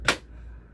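An LED light bar is pushed into its mount under a shelf and snaps in with a single sharp, loud click at 0.1 s, followed by quiet low background hum. The bar is seated in place and good to go.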